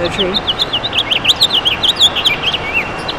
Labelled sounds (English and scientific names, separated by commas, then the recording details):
House Finch (Haemorhous mexicanus) song
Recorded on Long Island, New York, on 6 June 2011
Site FL
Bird A